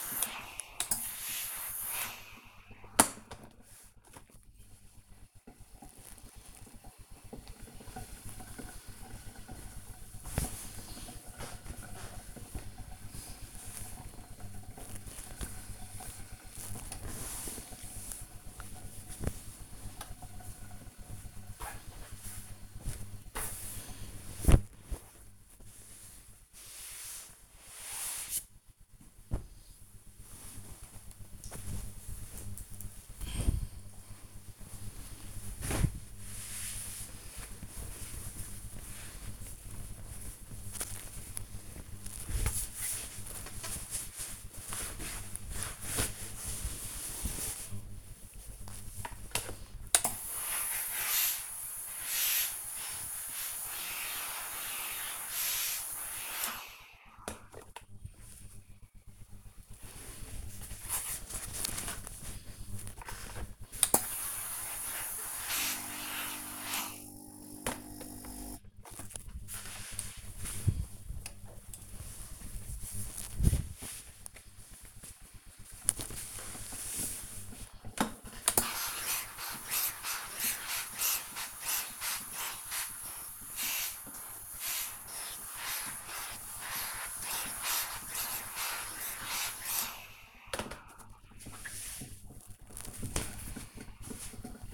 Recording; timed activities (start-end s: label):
household activities, microphone on the right wrist
0.00-29.43 s: ironing laundry
84.63-94.74 s: ironing laundry